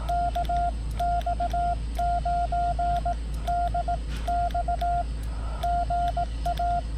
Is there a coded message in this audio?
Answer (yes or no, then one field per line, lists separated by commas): yes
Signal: Morse code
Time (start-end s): 0.1-6.8 s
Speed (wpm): 18 wpm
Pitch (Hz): 690 Hz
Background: none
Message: KX9DX GA